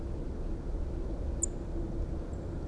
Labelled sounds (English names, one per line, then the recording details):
Song Thrush
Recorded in Germany
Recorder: ecoPi